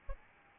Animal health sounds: mosquito wingbeat signal from an infrared sensor; Aedes albopictus

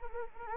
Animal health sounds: mosquito wingbeat signal from an infrared sensor; Anopheles arabiensis

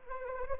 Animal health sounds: mosquito wingbeat signal from an infrared sensor; Anopheles arabiensis

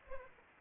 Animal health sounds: mosquito wingbeat signal from an infrared sensor; Anopheles arabiensis

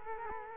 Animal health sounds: mosquito wingbeat signal from an infrared sensor; Culex quinquefasciatus

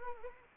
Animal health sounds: mosquito wingbeat signal from an infrared sensor; Anopheles arabiensis

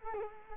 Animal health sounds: mosquito wingbeat signal from an infrared sensor; Culex quinquefasciatus

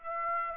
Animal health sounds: mosquito wingbeat signal from an infrared sensor; Aedes aegypti

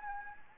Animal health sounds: mosquito wingbeat signal from an infrared sensor; Anopheles arabiensis

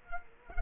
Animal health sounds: mosquito wingbeat signal from an infrared sensor; Culex quinquefasciatus

